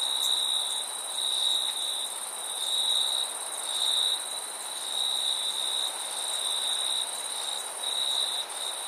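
Crickets give a shrill chirping trill in pulsing bursts, backed by a steady higher insect whine.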